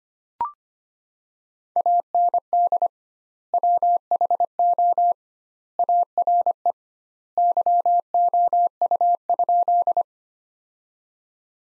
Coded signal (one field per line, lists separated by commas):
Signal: Morse code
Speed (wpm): 25 wpm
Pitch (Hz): 700 Hz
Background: none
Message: AND WHO ARE YOU?